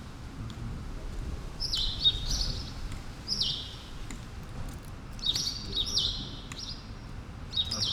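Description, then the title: Sparrow chirps, short downward-sliding notes given singly and in quick pairs and triples, over a steady low rumble of city traffic. Several sparrows on Rue Keyenveld, Ixelles, Brussels, Belgium, an urban street with cars and people passing; recorded with Lom Usi Pro microphones into a Zoom F6. "Rue Keyenveld, Ixelles, Bruxelles-Capitale, Belgique - Sparrows - moineaux"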